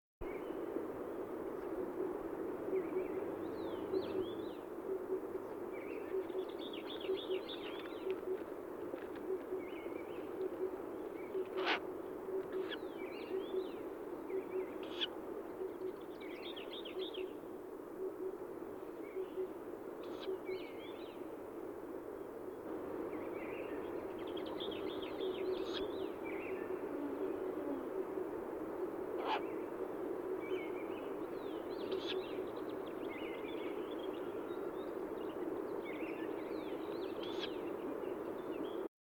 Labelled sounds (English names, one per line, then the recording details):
Ural Owl call
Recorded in the wild
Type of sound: call
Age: juvenil
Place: Dzhalmyn, MN
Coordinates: 48.166, 107.736
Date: 1979-06-10
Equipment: Nagra III BH, Sennheiser MD 21, parabola
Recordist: Schubert, Michael
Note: Standortrufe von zwei juvenilen Habichtskauzen